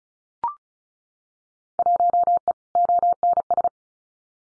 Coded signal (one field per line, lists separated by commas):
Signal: Morse code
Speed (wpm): 36 wpm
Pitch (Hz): 700 Hz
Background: none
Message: 1E ONS